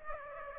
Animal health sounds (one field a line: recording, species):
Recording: mosquito wingbeat signal from an infrared sensor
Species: Aedes aegypti